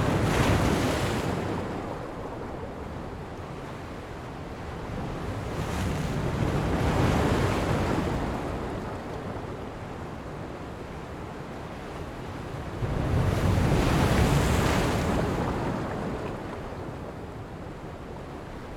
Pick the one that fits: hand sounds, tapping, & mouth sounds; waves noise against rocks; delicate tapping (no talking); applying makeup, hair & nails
waves noise against rocks